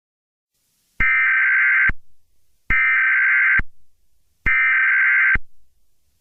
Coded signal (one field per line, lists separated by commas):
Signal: Emergency Alert System (SAME) tones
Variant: header bursts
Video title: EAS Scenario | Looney Tunes Error (#99)